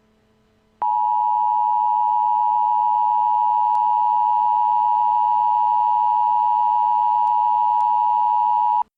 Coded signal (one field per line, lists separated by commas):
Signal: Emergency Alert System (SAME) tones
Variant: 853 and 960 Hz attention tone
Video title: Law Enforcement Warning: Moncks Corner, SC 8/27/22 | Emergency Alert System